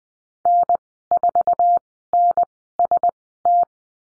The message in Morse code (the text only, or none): N4NST